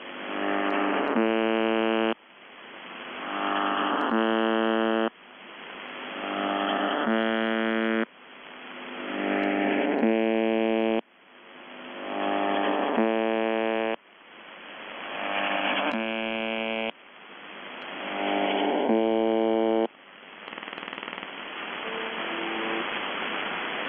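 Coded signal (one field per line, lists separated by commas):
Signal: channel marker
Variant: UVB-76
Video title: The Buzzer/UVB-76(4625Khz) April 22, 2021 Voice messages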